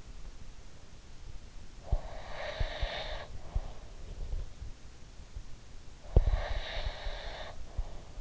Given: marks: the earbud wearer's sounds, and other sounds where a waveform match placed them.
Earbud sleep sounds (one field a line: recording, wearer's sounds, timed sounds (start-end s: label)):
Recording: sounds in sleep by an in-ear microphone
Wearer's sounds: breath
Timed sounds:
1.77-3.78 s: breath
6.10-8.21 s: breath